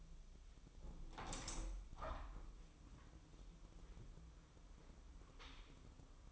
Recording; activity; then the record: daily activity, microphone in the room; open window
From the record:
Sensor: 1